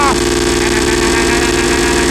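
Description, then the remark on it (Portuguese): A motor engine revs loudly and continuously, its deep, buzzing drone holding a strong, even pitch across the whole couple of seconds without pause. “Acelerando tudo assim, ó.”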